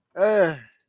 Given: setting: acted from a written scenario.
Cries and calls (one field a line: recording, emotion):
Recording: vocal sound without words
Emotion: positive surprise